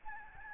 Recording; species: mosquito wingbeat signal from an infrared sensor; Aedes albopictus